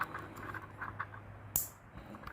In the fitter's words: Did you hear that click?